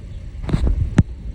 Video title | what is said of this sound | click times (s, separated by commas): 2008 Chrysler Town and Country turn signal LED Replacement | right, slide that in. Pops right in. Come here. Pops in. | 1.0 s